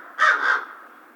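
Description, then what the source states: American crow giving a single harsh caw that swells twice before fading, with a quiet background. Recorded on 2 March 2010.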